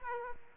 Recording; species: mosquito wingbeat signal from an infrared sensor; Aedes aegypti